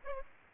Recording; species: mosquito wingbeat signal from an infrared sensor; Aedes aegypti